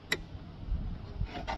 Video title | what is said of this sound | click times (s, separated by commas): Reverse light bulb replacement 2018 - 2023 Toyota Camry | and push it in. You'll hear it lock in. | 0.1 s